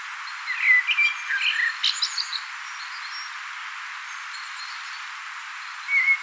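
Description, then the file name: Common blackbird delivering a warbled fluty phrase with a scratchy high ending, then a long pause and a single short whistled note. "Turdus merula"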